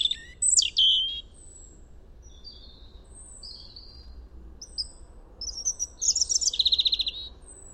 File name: Erithacus rubecula